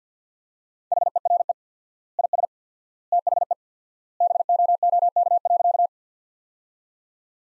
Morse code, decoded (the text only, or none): HERE IS THE BOOK.